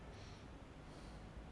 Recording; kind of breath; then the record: one breath in and out by a microphone near the nose and mouth; normal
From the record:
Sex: male